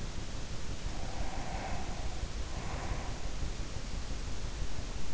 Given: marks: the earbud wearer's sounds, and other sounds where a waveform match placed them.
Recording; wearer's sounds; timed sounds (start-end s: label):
sounds in sleep by an in-ear microphone; breath
0.82-3.42 s: breath